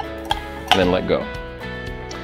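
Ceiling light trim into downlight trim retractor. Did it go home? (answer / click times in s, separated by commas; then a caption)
yes / 0.3 s. A ceiling light trim is raised into a downlight, twisted and pulled down until the trim retractor clicks and holds it, giving a sharp click at 0.3 seconds. Someone talks over soft background music, and the trim is left seated in the downlight.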